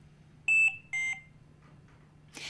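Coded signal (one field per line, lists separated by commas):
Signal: alarm pattern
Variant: Philips Trilogy100 ventilator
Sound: two quick descending electronic beeps, then a brief rustle of noise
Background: low mains hum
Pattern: 2 short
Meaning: Low priority alarm: information the user should be aware of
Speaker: low priority alarms are two beeps together in a repeating pattern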